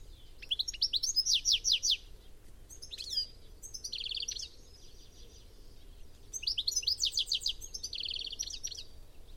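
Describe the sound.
Bird song: repeated bursts of fast, high, buzzy descending notes mixed with shorter trills, with brief gaps between phrases.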